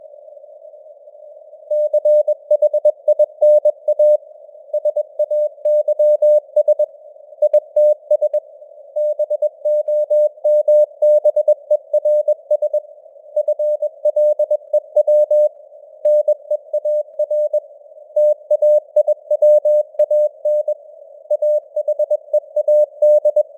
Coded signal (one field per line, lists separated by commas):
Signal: Morse code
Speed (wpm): 21 wpm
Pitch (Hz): 600 Hz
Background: none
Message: CHINA SAYS ITS BOMBERS FLEW NEAR TAIWAN AHEAD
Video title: Morse Code News | 2025-10-28 | 21wpm